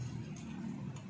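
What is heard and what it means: During reassembly after a DIY car engine tune-up, a plastic wiring harness connector (socket) is being handled near the engine component it plugs onto. A steady low hum runs throughout, with brief faint high ticks at about 0.4 s and 1.0 s. The connector has not seated or clicked yet.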